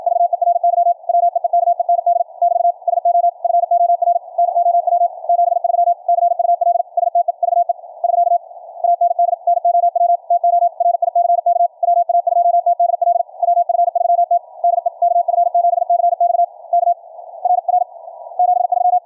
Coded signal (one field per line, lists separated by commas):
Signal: Morse code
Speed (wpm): 53 wpm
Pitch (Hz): 690 Hz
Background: none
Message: VERY WEEKEND <BT> SO FOR NOW 73 CUL STEVE <SK> AND NOW TO RICK WA2TDL WF3T DE KF7CX K RR 73